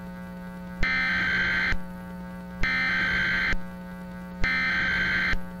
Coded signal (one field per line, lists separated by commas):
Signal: Emergency Alert System (SAME) tones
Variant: header bursts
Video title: EAS Recreation (12/05/24): ALCO OES's All Clear Message